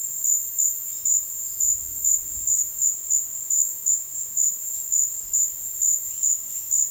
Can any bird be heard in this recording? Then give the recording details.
no. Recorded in dense forest near Puerto Asís, Putumayo, Colombia, on 4 March 2025 at 15:00. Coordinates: 0.481, -76.323. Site G088